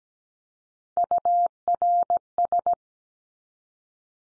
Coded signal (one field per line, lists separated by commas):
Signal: Morse code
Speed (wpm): 17 wpm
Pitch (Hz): 700 Hz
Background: none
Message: URS